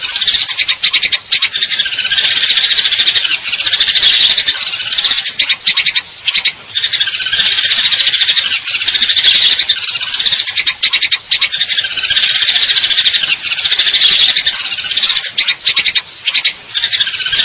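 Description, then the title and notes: Eurasian tree sparrow chirping in a dense, nonstop stream of high, sharp chirps and trills, with brief dips in the flow every few seconds. Fighting call with long trills, clear sound; training recording for contest birds. "GEREJA TARUNG NEMBAK PANJANG SUARA JERNIH MASTERAN. Burung Gereja"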